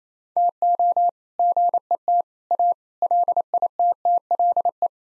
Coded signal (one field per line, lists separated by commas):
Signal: Morse code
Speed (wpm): 27 wpm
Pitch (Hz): 700 Hz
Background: none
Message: TO GET A LITTLE